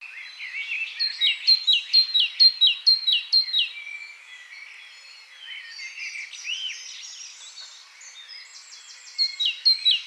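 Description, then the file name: Great tit giving a rapid series of bright, downward-hooked notes, then softer twittering, then another quick burst of clipped, buzzy notes near the end. "Parus major"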